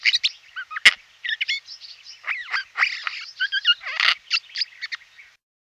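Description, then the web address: Eurasian jay producing a rapid medley of chattering, clicking and squeaky varied notes, with a couple of sharp clicks. "Skovskade"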